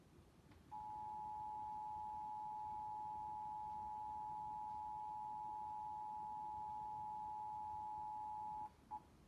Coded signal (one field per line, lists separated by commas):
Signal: Emergency Alert System (SAME) tones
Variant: 853 and 960 Hz attention tone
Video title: Emergency Alert System Test - November 2, 2022